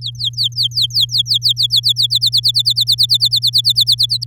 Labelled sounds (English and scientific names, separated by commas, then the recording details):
Domestic Canary (Serinus canaria) song
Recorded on 11 May 2018 at 09:31
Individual llb16